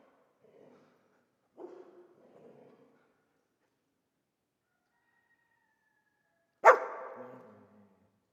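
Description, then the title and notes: Dog barking: faint low sounds early on, then after a pause a single loud, sharp bark that fades out. Old dog stuck in the pool/basin of the dilapidated Palais El Glaoui courtyard, Fès, Morocco; full sun, circling, rearing on hind legs, barking at visitors; recorded with Zoom F3 and ORTF microphone. "Fès, Fès-Meknès, Maroc - le chien du palais El Glaoui. Dans la cour du palais (en décrépitude avancée), un vieux chien est "prisonnier" dans le bassin/piscine. Il se dresse sur ses pattes arrières pour entrevoir quelques secondes ce qui se passe dans la cour et "invective" les visiteurs de ses aboiements. JF CAVRO"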